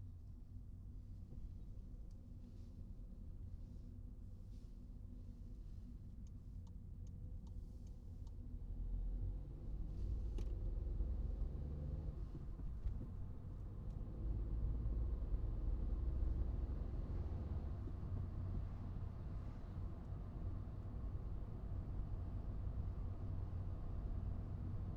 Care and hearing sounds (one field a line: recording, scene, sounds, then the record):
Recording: everyday scene through a hearing-aid microphone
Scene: in a vehicle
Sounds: engine, traffic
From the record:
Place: Skoda Fabia, gasoline engine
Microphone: in the ear canal, right